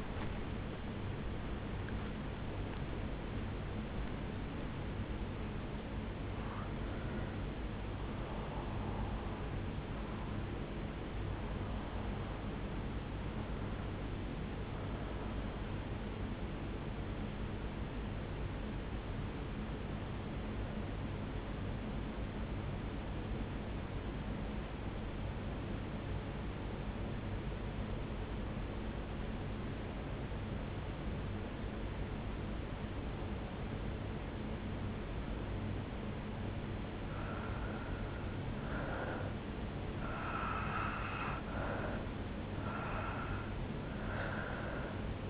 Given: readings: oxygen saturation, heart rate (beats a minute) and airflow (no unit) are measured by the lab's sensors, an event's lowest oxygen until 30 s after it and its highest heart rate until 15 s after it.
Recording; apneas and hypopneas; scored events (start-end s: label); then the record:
breathing in sleep by a voice recorder at the bedside; 1
20.00-36.60 s: hypopnea (N1, oxygen 96% highest, then 90% lowest, heart rate 69 at the start, 78 highest)
From the record:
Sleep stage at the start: N1 (lightest sleep); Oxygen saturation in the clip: 93 to 96%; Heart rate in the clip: 57 to 86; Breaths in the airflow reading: 4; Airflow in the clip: -4.3 to 5.6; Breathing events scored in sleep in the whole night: 449 in 7.0 hours asleep